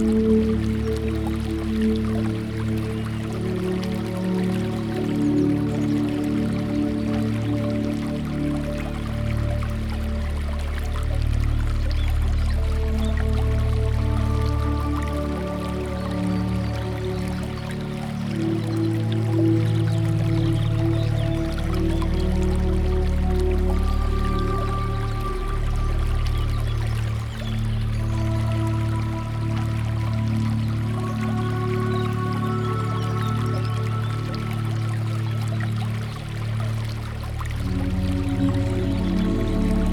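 Water runs steadily through a garden, pouring and gurgling at a constant level for the whole stretch. A deep, full rumble sits underneath, with ringing, slowly shifting tones drifting over it as the flow bubbles and splashes.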